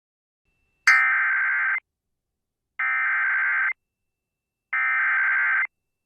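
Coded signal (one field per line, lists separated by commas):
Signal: Emergency Alert System (SAME) tones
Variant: header bursts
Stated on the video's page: Personally captured Oklahoma EAS alerts.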